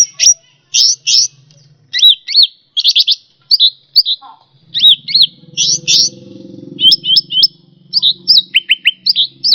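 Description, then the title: Bird pouring out chirps, rattling trills and looping whistles in rapid phrases. "SuaraBurung Kicau4"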